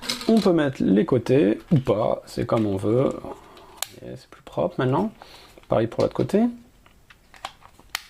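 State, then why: Seated. Someone talks while pressing a plastic side panel onto a small single-board computer case for a Raspberry Pi 3 Model B; the side panels are optional but give a cleaner look. After the talking stops, a few faint ticks are heard, then a sharp, loud snap at 8.0 s as the panel clips on and seats.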